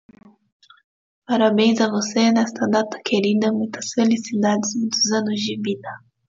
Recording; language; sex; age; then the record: short text; Brazilian Portuguese; female; 30 to 39 years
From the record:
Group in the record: control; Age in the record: 35 years